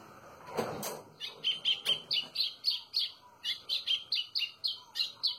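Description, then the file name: White-throated seedeater singing a steady run of many sharp, high chirps at a quick pace, after a brief knock near the start. "canto do golinho"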